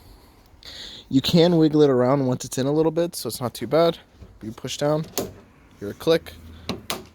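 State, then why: Seated. An exterior plastic trim piece on a widebody Subaru Impreza is lined up over the white clip retainers on the car body and pushed down while someone talks. Two sharp snaps at 6.7 s and 6.9 s mark the trim seating onto the clips.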